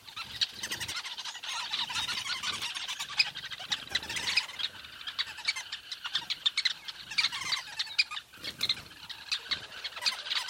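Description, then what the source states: Weaver colony chatter: dense, continuous high chirping and buzzy twittering from many birds at once. Recorded at a large weaver nest in Etosha National Park, Namibia.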